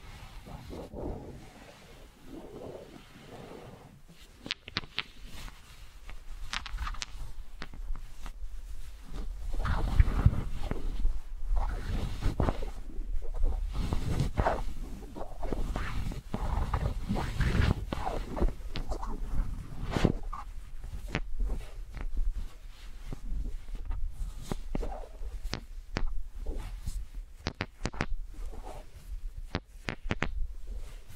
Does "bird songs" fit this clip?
no